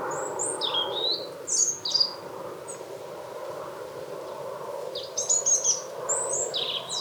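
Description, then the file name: European robin singing a high, fluid phrase of thin whistles and trills, a pause, then another rapid high phrase over low steady noise. "Erithacus rubecula"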